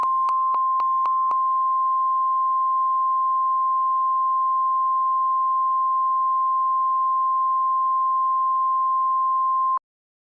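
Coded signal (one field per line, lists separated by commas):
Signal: Emergency Alert System (SAME) tones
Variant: 1050 Hz attention tone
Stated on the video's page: Fictional alert made with CapCut text-to-speech, styled as NOAA Weather Radio.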